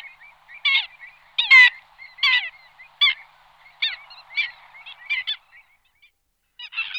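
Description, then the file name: Black-winged stilt calls, sharp nasal yelps mostly spaced under a second apart, with a longer pause before the last. "echasse blanche"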